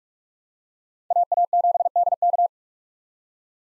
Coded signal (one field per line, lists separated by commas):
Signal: Morse code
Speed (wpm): 45 wpm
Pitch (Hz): 700 Hz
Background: none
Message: AA7DK